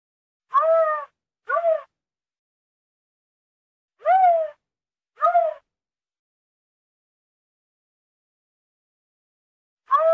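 Bobcat uttering short, nasal, meow-like calls in loose pairs, with a long quiet gap before a final call at the end.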